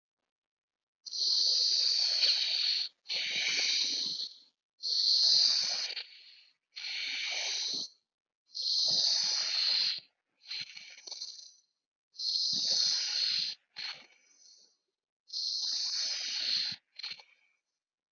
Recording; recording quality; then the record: deep breathing; excellent, no background noise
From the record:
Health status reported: healthy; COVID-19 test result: negative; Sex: male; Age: 18 years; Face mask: worn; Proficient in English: yes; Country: India